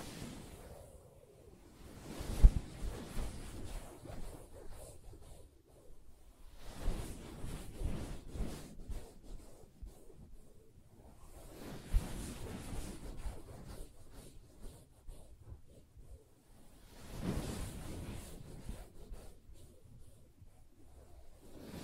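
Soft scratching and rubbing on a fabric surface comes in four bursts of roughly three seconds each, separated by quieter gaps. Each burst is a dense, brushing rasp with a low, muffled body. A single sharp tap stands out near the start.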